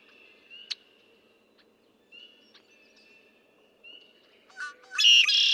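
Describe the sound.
Red-winged blackbird song: a few soft, thin introductory notes, then one loud, harsh, buzzy trill near the end, over quiet low background hiss.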